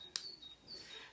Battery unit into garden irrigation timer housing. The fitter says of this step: sits nicely can you hear that click that's saying I'm on that